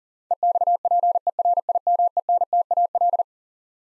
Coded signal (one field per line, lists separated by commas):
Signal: Morse code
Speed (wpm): 40 wpm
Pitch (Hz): 700 Hz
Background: none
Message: EXPERIMENTAL